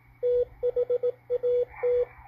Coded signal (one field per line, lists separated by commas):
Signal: Morse code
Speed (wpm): 18 wpm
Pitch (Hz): 490 Hz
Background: radio noise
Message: THAT